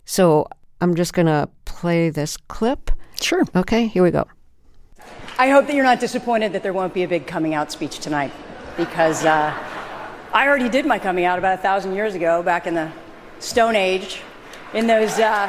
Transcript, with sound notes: So I'm just going to play this clip.
Sure.
OK. Here we go.
(SOUNDBITE OF 2013 GOLDEN GLOBE AWARDS)
I hope that you're not disappointed that there won't be a big coming out speech tonight, because I already did my coming out about a thousand years ago, back in the Stone Age, in